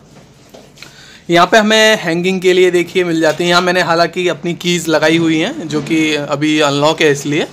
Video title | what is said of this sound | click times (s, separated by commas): New latest almirah 100kg weight - almirah new designs - almirah under 12000 - hand made almirah | करते हैं तो ये lock हो जाता है और ऐसे करने पर अनलॉक हो जाता है। | 0.8 s